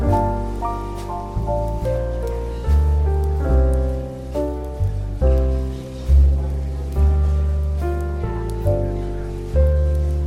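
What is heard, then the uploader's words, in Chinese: Café ambience with smooth jazz: a warm, steady bass line and sustained chords shift every second or so, with soft clinks above. 咖啡馆氛围与轻松舒缓的爵士音乐。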